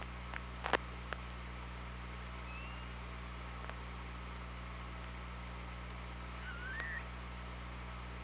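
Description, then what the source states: Orca calls: faint short tonal notes early, then a rising wavering call near the end, with a few loud clicks at the start and continuous low hum. Recorded on the OrcaLab hydrophone, 24 August 2017 at 07:44.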